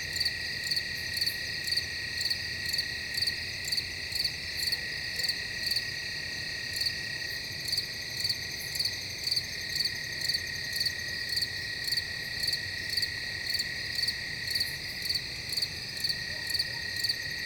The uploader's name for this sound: Another Perfect Night in the Woods